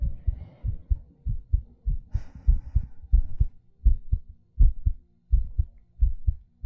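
Deep, muffled thumps repeat at about 80 a minute, often in paired lub-dub groups, with a faint soft breath sound passing over them early on. A close-miked adult heartbeat with breathing, made for ASMR relaxation listening.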